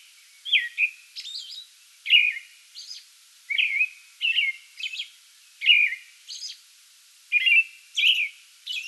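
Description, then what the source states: American robin giving caroling song: fluty slurred phrases mixed with brief high-pitched squeaks, with short gaps between them. Song bout recorded 8 May 2022.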